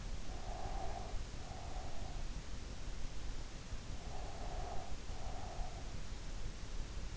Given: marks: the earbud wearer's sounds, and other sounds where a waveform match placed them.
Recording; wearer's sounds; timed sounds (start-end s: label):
sounds in sleep by an in-ear microphone; breath
0.19-2.37 s: breath
3.99-5.99 s: breath